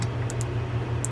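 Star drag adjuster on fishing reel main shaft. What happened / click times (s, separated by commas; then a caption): The drag adjuster clicker ticks as it turns, showing it is seated / 0.3 s, 0.4 s, 1.1 s. A star drag adjuster is reseated over the washers on the spool shaft of a Shimano Torium fishing reel and then turned. Its clicker gives sharp, bright ticks at about 0.3, 0.4 and 1.1 seconds over a steady low hum. The clicking shows the adjuster is properly installed.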